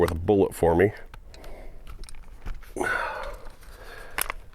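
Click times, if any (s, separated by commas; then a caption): 4.2 s, 4.3 s. Someone talks briefly, then operates the stock release on a CZ Scorpion Evo 3 S1 pistol-caliber carbine, with soft handling noises in between. Two sharp clicks at 4.2 s and 4.3 s come as the folding stock releases from its rear mount and is removed.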